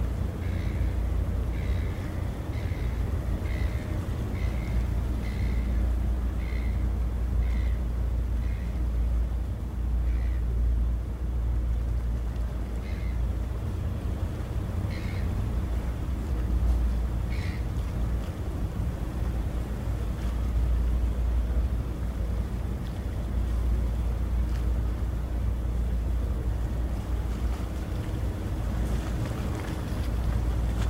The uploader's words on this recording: Sydney Harbour. Recorded LIVE between the Harbour Bridge and the iconic Opera House as night falls on Australia’s most well-known place, known as the Emerald City.